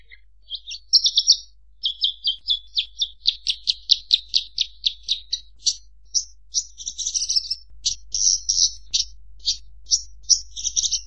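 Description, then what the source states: Horsfield's bush lark song, a fast run of dry chirps that quickens into a rattling series, then scratchy varied notes; a faint low hum runs underneath. Actively singing (gacor) bird on a master recording made for training other birds.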